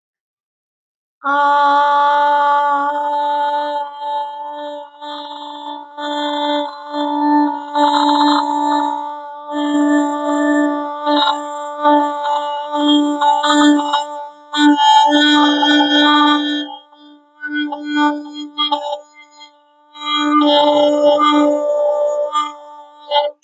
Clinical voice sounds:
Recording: vowel held as long as possible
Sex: female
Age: 30 to 39 years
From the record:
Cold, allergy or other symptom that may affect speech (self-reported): no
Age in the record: 37 years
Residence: Wisconsin, United States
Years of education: 14

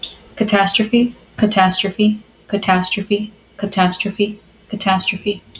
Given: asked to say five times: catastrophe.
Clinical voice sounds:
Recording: repeated word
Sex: female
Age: 20 to 29 years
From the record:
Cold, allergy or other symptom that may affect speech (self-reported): no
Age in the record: 24 years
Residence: Texas, United States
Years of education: 12

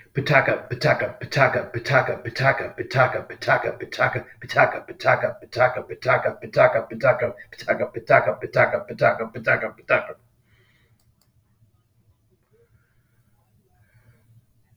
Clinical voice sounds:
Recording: repeated syllables /pa ta ka/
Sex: male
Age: 60 to 69 years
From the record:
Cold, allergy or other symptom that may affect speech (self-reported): no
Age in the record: 60 years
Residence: Florida, United States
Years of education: 18

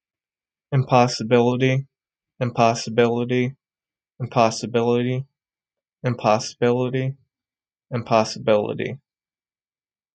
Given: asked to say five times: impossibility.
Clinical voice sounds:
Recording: repeated word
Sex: male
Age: 30 to 39 years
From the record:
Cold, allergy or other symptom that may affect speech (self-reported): no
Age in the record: 36 years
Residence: Minnesota, United States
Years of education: 14

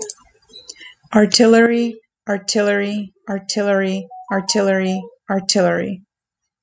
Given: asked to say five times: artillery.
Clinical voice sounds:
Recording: repeated word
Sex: female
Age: 30 to 39 years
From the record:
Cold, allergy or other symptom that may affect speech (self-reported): no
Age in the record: 30 years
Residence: California, United States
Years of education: 13

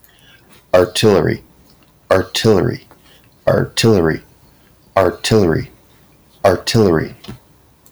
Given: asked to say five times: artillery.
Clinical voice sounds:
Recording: repeated word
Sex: male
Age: 50 to 59 years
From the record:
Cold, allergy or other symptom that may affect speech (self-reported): no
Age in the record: 56 years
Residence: Ohio, United States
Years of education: 13

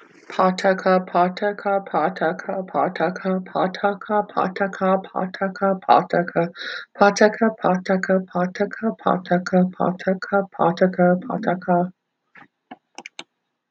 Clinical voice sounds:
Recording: repeated syllables /pa ta ka/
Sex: female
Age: 20 to 29 years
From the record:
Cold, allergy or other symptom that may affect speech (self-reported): no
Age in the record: 27 years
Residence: United States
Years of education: 12

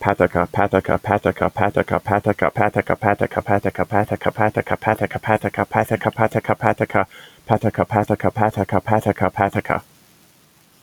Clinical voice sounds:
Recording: repeated syllables /pa ta ka/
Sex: male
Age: 30 to 39 years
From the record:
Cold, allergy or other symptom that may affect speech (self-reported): no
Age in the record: 33 years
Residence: Pennsylvania, United States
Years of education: 14

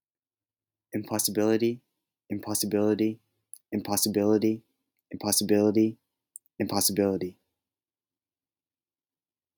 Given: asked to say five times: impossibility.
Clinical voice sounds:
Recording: repeated word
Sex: male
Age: 20 to 29 years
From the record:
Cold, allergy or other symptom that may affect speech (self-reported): no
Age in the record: 21 years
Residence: California, United States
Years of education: 16

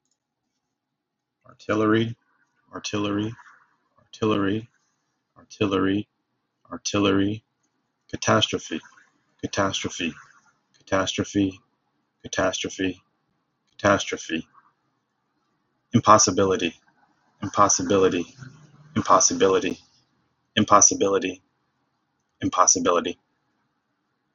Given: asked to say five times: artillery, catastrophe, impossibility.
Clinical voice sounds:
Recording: three words, each repeated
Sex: male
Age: 30 to 39 years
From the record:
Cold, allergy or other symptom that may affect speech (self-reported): no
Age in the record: 32 years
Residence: Texas, United States

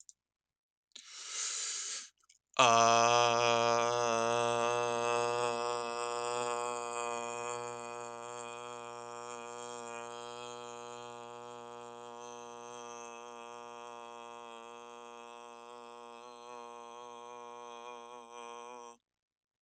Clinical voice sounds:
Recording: vowel held as long as possible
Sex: male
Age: 20 to 29 years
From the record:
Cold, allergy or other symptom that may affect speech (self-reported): no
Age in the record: 23 years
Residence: Indiana, United States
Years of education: 13

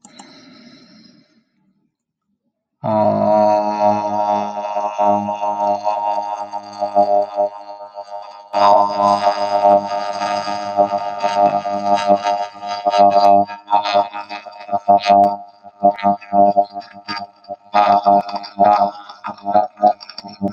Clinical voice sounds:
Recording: vowel held as long as possible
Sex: male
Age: 40 to 49 years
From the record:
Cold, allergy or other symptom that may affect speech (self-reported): no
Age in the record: 42 years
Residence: California, United States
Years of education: 17

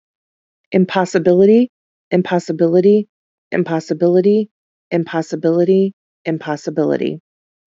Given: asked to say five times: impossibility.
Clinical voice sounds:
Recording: repeated word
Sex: female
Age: 40 to 49 years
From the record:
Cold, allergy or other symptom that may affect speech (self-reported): no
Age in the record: 41 years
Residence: Illinois, United States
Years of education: 12

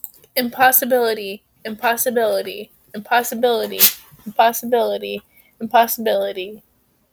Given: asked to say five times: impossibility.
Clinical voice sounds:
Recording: repeated word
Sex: female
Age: 20 to 29 years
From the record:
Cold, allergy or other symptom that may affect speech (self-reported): no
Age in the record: 23 years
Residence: Indiana, United States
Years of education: 12

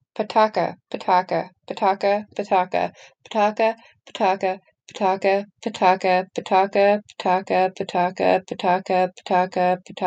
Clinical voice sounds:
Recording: repeated syllables /pa ta ka/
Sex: female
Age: 30 to 39 years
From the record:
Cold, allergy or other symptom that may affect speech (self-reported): no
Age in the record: 37 years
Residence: California, United States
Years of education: 15

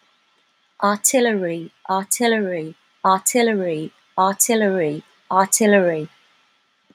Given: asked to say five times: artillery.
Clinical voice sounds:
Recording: repeated word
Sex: female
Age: 50 to 59 years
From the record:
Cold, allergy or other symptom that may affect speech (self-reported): no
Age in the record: 54 years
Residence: Washington, United States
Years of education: 13

